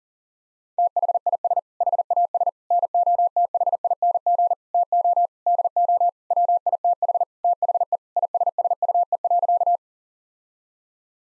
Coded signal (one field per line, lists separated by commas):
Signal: Morse code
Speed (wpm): 37 wpm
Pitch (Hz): 700 Hz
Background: none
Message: THIS HAS NOTHING TO DO WITH THE ISSUE.